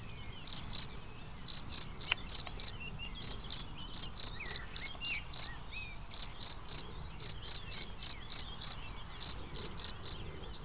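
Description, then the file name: Cricket chirps, a steady run of shrill high pulses about three to four a second, with a few faint whistling notes behind. "Le chant du grillon"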